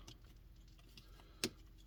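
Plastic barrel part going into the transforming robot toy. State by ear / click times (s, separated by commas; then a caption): seated / 1.4 s. A plastic barrel part is pushed home into a reissue Megatron transforming robot toy during assembly. Over low background noise with a few faint ticks, one sharp, bright snap stands out at 1.4 s. The barrel snaps into place and is seated.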